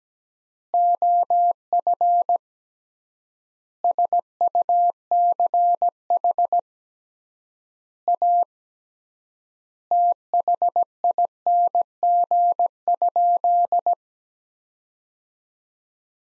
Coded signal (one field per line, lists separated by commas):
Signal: Morse code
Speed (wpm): 17 wpm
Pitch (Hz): 700 Hz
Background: none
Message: OF SUCH A THING?